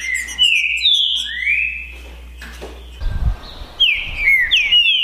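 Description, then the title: Green-winged saltator song of slurred, sweeping whistles in two bursts separated by a brief lull, with a low hum and a short thud of noise. Song contest between two trinca-ferro males, Naval versus Demolidor, 2022 season; birds calling, singing and displaying male aggression (macheando) in the dispute. "TRINCA Piando, Cantando E Macheando Na DISPUTA. DISPUTA DE TRINCA FERRO NAVAL VS DEMOLIDOR 2022 TEMPORADA 2022"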